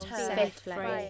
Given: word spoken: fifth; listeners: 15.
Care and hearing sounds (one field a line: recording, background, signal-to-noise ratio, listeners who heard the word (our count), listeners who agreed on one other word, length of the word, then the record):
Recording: one English word in noise, from a listening test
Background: four-talker babble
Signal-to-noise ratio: -0.1 dB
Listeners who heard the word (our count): 1 of 15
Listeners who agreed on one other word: 6 of 15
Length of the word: 0.70 s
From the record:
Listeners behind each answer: 6, 2, 2, 1, 1, 1, 1, 1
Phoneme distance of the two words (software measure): 37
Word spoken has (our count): 1 syllable, 4 phonemes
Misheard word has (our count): 1 syllable, 3 phonemes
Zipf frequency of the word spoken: 4.31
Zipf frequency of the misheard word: 5.45